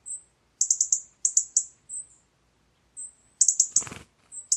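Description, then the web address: European robin uttering high, thin notes in quick runs of three to five, with a brief dull thump near the end. "Deverinetal 2025 File origin Bird Only Er Ru"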